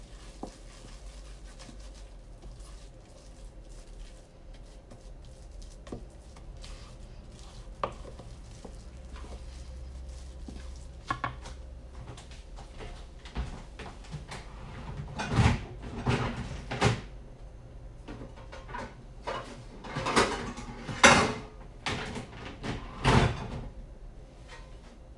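Someone making banana bread, with scattered knocks, taps and clatter of utensils and containers over a low steady hum. The first half is sparse with occasional sharp clicks; from about fifteen seconds the handling gets busier, with louder bangs around 15, 20 and 23 seconds.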